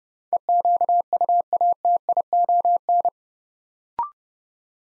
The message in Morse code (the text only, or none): EQUATION